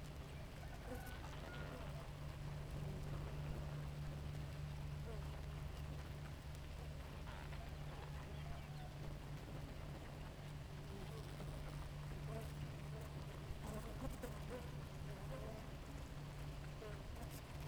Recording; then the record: honeybee colony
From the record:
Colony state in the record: active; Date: 28 July 2017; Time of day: 4:20